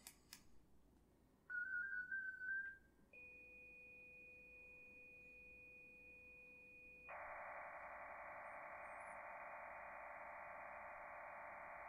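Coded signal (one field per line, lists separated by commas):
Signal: MT63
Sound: short wavering whistle, two steady tones for four seconds, then dense even hiss-like data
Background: quiet room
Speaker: i have some acoustic coupling going with another station that's running fl digi and we're going to basically pass a custom form that i've created called points of interest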